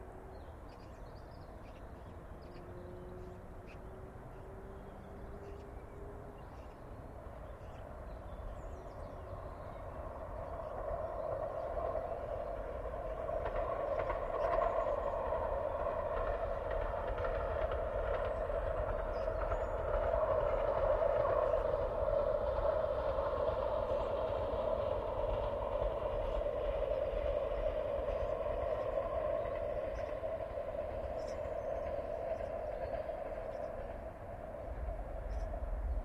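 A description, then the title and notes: At a river bend close to a railway line, a train approaches and passes: a low rumble swells from about ten seconds, carrying a steady droning tone through the middle, then eases near the end. Beforehand, a quieter steady background holds, with a faint thin tone early on. Recording taken from the bend in the Mersey just where it reaches its closest to the track from Hawthorn Road. Again with the distant drone of the M60, the trams pass from right to left (Manchester to Altrincham) as they slowly enter and exit from this vibrant environment. Stereo ECM-77’s.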